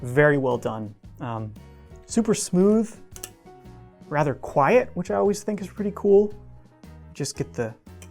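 A knife is being handled, with its handles closing onto the blade, while someone talks over quiet background music. A few faint ticks from the handling are heard. The knife handles have not yet clicked into place by the end of the clip.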